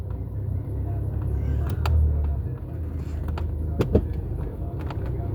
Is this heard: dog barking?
no